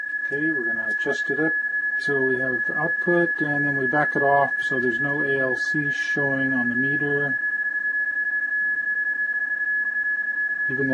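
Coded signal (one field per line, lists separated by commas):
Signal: PSK31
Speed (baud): 31.25 baud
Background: speech, radio noise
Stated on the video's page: PSK31 transmitted from an FT-897D, transmit level set via TX volume on a USB SignaLink and Digital Master 780 for a clean signal.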